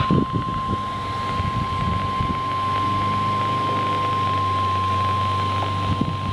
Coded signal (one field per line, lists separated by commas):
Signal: Emergency Alert System (SAME) tones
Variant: 1050 Hz attention tone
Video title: EAS Alert #307 (Severe Thunderstorm Warning on WXK22)